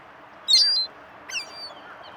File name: Ring-billed Gull - Larus delawarensis